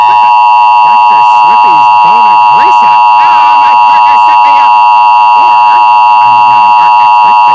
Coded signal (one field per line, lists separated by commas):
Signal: Emergency Alert System (SAME) tones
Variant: 853 and 960 Hz attention tone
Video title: EAS Mock - some thunderstorm that happened because the water levels were too high